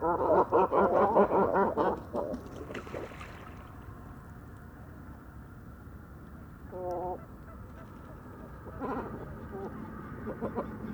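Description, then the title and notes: Great cormorant calls, a burst of harsh, rapid guttural croaks for two seconds, then a quieter stretch with a few short stuttering calls, over a steady low hum. Great cormorants gathering at dusk to roost on fishermen's posts on the shore of the Vaccarès, Camargue, 4 January 2020; constant squabbles over space until nightfall; distant car murmur; Mixp3 recorder, MKH40 microphone. "Dortoir de Grands cormorans. Bord du Vaccarès - Camargue"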